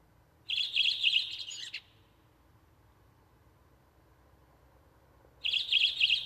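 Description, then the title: Redwing song phrase of quick high notes, then a pause before the next phrase begins. "Viikon luontoääni: Punakylkirastas"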